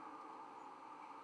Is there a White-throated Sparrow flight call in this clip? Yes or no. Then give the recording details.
no. Another species' flight call is heard. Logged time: 03:57 on 13 November 2014